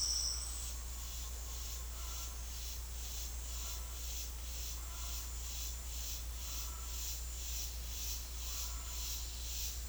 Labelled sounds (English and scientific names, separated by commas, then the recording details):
none
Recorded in dense forest near Puerto Asís, Putumayo, Colombia, on 8 March 2025 at 11:00
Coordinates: 0.503, -76.323
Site GP09